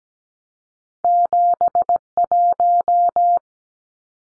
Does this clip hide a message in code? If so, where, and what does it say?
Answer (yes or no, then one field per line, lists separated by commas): yes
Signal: Morse code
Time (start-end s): 1.0-3.4 s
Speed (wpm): 17 wpm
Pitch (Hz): 700 Hz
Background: none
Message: 71